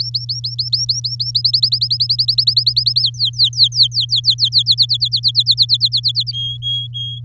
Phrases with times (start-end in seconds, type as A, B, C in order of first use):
0.00-1.31 A, 1.35-3.02 B, 3.02-4.63 C, 4.66-6.32 D, 6.33-7.19 E